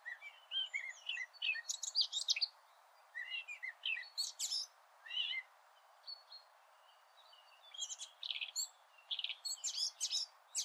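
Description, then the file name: Eurasian blackcap song, a scratchy, rapid warble of high chirps and twittering notes in bursts, with brief pauses between phrases. "Sylvia atricapilla"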